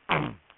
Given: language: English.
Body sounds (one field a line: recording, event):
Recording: throat vibration sensor signal played as sound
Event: throat clearing